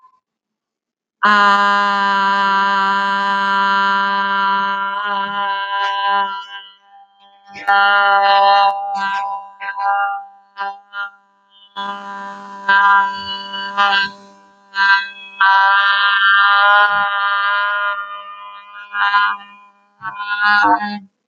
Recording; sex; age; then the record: vowel held as long as possible; female; 30 to 39 years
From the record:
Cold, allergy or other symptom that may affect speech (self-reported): no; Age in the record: 34 years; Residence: Wisconsin, United States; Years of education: 16